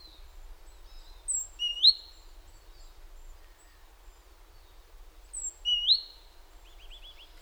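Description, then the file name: Great tit giving two bright phrases, a high thin note followed by a rising whistled note, about four seconds apart, with a short rapid trill at the end. "Parus major"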